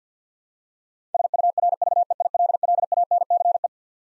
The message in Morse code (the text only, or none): SURVEILLANCE